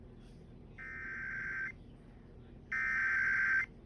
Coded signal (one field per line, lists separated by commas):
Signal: Emergency Alert System (SAME) tones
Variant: header bursts